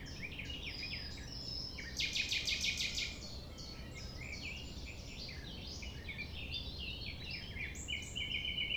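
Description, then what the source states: Common nightingale delivers a powerful pulsed rattle of quick repeated notes, then lighter phrases, while a crowded chorus of other birds chirps over a low steady drone. At sunrise, 6 a.m., near the Thève at Champ de Ménage; the nightingale sings without waiting for silence, amid other sounds.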